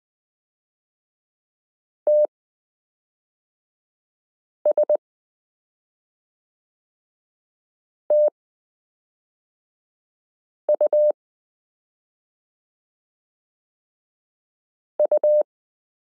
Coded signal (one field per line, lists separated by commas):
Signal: Morse code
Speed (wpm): 20 wpm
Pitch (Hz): 600 Hz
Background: none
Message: TSTU U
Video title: Morse Code Listening Lesson 12 - m k r s u a p t l o w i (.) period